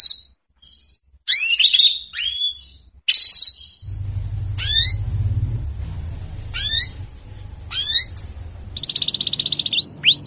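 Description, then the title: Canary calls: spaced curved chirps and steep downward notes, ending in a rapid buzzy trill, with a low rumbling noise underneath. Female canary calling to a male; sound used to warm up a male Canary. "Canto Para Esquentar Canário Belga. SUARA BURUNG KENARI BETINA MEMANGGIL JANTAN"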